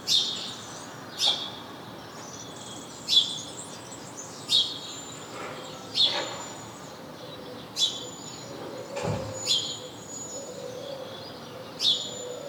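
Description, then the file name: House sparrow call, several single sharp chirps spaced out at an unhurried, uneven pace, with faint background hiss. "Passer domesticus"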